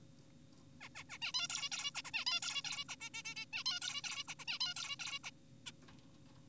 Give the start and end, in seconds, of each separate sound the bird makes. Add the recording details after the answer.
0.81-0.89, 0.95-1.04, 1.10-1.18, 1.22-1.32, 1.34-1.48, 1.50-1.69, 1.72-1.91, 1.96-2.02, 2.05-2.11, 2.14-2.24, 2.27-2.40, 2.42-2.62, 2.65-2.84, 2.89-2.96, 3.01-3.10, 3.14-3.23, 3.25-3.35, 3.36-3.45, 3.53-3.64, 3.66-3.80, 3.82-4.02, 4.04-4.24, 4.28-4.35, 4.40-4.45, 4.48-4.59, 4.60-4.74, 4.76-4.96, 5.00-5.19, 5.24-5.31, 5.66-5.72. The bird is an adult. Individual g4p5U